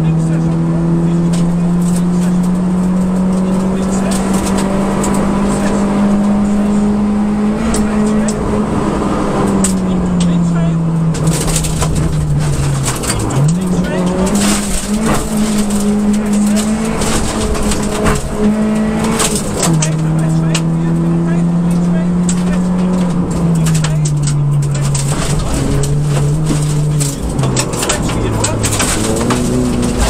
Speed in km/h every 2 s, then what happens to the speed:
107, 117, 124, 132, 119, 98, 78, 84, 91, 95, 106, 99, 84, 77, 67.
0-7 speeds up to 132. 7-12 brakes to 78. 12-21 speeds up to 106. 21-27 brakes to 67.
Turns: none.